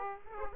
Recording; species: mosquito wingbeat signal from an infrared sensor; Aedes aegypti